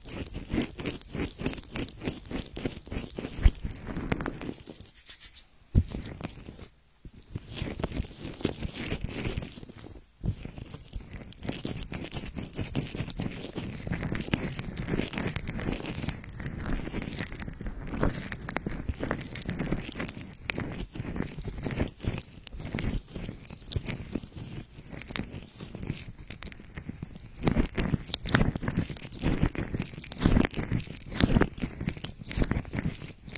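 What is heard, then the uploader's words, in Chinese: An ear massage with dense, crackly rubbing and scratching that runs almost without pause, its gritty texture rising and falling in loudness. Brief drops to near silence come around 5 to 7 seconds and again near 10 seconds before the rubbing resumes. 耳朵按摩。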